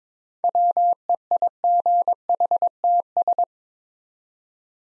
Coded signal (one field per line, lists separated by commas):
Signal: Morse code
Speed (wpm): 22 wpm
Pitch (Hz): 700 Hz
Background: none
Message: WEIGHTS